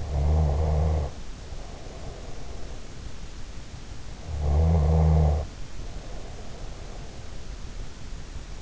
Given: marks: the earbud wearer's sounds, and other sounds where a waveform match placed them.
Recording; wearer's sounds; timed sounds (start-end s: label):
sounds in sleep by an in-ear microphone; snoring breath
0.00-3.10 s: snoring breath
4.14-7.04 s: snoring breath